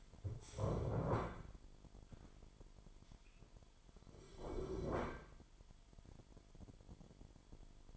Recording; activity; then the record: daily activity, microphone in the room; stand up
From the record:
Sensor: 5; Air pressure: 998.6 hPa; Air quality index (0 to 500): 90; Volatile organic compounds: 2 ppm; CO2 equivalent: 1027 ppm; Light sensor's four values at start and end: 34/81/34/38 and 34/83/34/38